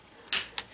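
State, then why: Released. Fingertips or fingernails lift the plastic screen bezel of an ASUS S56 laptop display lid up and out, and its clips snap free. Two sharp snaps are heard at 0.3 s and 0.6 s, the first louder and longer, showing that the bezel is coming off.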